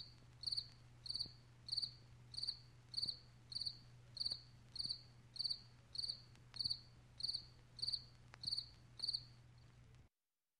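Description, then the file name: Cricket chirps, bright trilled pulses repeated steadily about every 0.6 seconds for ten seconds over a faint low hum, ending abruptly in silence. "nesekomoe sverchok"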